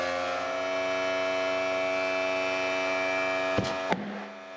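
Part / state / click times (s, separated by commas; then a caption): tire bead seating onto wheel rim / seated / 3.9 s. A new drag radial on a single bead-lock aluminum wheel is aired up, with a steady tonal hum running until the loose bead snaps out onto its seat. The bead pops loudly at 3.9 s, after which the hum changes and the level falls away, leaving the tire seated.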